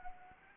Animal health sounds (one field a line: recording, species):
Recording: mosquito wingbeat signal from an infrared sensor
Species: Anopheles arabiensis